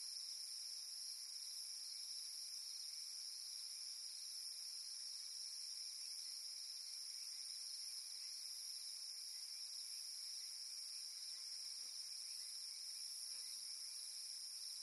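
Cicada song, a continuous shrill buzzing hum with layered high bands that holds level and never pauses.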